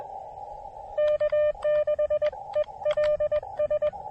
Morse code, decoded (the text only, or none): K6ELS